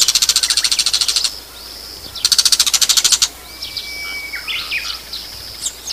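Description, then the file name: Bull-headed shrike giving two harsh, rapid chattering bursts of about a second each, followed by scattered high thin whistles and a brief level whistled note. "mozu"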